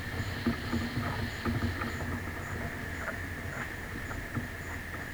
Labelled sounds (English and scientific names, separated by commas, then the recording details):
none
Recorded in secondary vegetation near Puerto Asís, Putumayo, Colombia, on 13 March 2025 at 13:30
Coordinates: 0.498, -76.327
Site G001